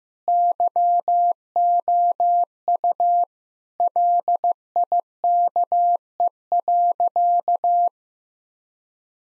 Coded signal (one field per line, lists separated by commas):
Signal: Morse code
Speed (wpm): 16 wpm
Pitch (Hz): 700 Hz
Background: none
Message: YOU LIKE.